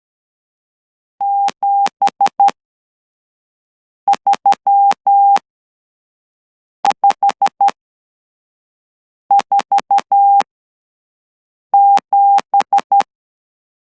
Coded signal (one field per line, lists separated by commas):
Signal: Morse code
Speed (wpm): 12 wpm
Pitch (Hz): 800 Hz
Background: none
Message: 73547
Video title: Latihan Mengekod CW pada 12WPM | Persediaan Tx OCW SKMM | Encoding Morse Code at 12WPM